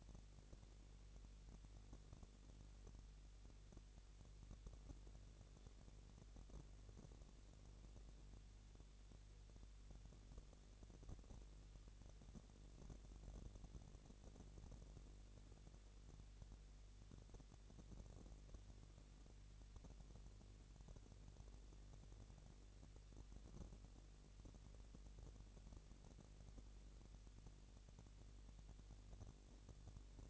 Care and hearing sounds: daily activity, microphone in the room; no activity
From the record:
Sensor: 4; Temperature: 22.5 degrees Celsius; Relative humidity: 33.4%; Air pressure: 999.6 hPa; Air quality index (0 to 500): 230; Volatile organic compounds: 20 ppm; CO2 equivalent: 2703 ppm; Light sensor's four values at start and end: 2/3/1/1 and 2/3/1/1

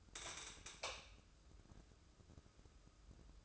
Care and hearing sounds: daily activity, microphone in the room; light on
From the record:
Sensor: 2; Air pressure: 995.3 hPa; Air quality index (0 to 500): 76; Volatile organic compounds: 3 ppm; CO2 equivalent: 1341 ppm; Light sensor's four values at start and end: 8/19/8/8 and 13/36/14/14

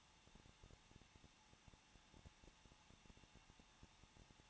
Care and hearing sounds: daily activity, microphone in the room; no activity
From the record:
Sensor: 1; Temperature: 20.1 degrees Celsius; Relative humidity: 39.2%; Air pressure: 1006.3 hPa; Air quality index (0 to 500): 218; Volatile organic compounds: 79 ppm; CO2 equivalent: 3595 ppm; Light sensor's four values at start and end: 1/2/1/1 and 1/2/1/1

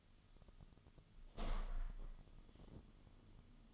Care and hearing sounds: daily activity, microphone in the room; open window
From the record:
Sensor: 4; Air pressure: 1005.6 hPa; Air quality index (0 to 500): 99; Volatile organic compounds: 2 ppm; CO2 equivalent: 1229 ppm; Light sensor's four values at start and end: 13/29/11/11 and 13/29/11/11

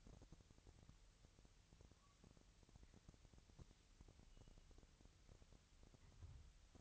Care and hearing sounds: daily activity, microphone in the room; wipe stove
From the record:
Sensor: 3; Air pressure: 1001.6 hPa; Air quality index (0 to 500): 224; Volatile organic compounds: 31 ppm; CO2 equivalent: 2972 ppm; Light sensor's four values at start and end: 11/33/14/12 and 10/33/14/12

